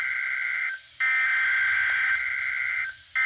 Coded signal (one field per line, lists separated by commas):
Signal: Emergency Alert System (SAME) tones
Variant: header bursts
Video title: A good week or so of storms pt 1 (eas alerts from june 25-26 2025)